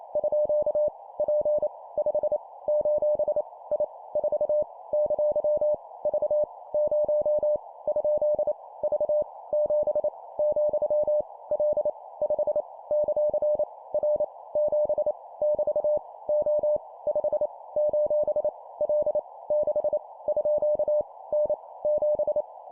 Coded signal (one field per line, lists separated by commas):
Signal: Morse code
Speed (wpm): 28 wpm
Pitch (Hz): 600 Hz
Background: none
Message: _ P 5 : I 4 ! V 0 ? V 7 , L 5 ; R 7 <BT> O 5 : L 6 _ N 7